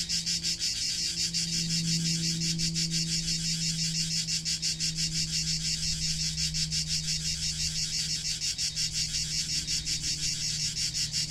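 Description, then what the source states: Cicadas, a shrill continuous buzz throbbing in quick even pulses, over a low steady hum. Cicada song used as a calming backdrop for a guided nap meditation in Provence.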